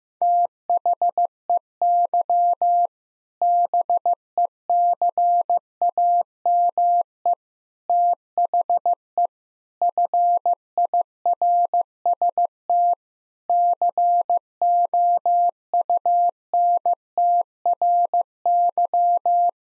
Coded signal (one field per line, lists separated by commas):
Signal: Morse code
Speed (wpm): 15 wpm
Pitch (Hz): 700 Hz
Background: none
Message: THEY BECAME THE FIRST COUNTRY